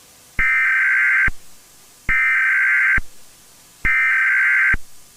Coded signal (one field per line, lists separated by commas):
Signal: Emergency Alert System (SAME) tones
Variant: header bursts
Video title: The National EAS Test Hijacking Of 2011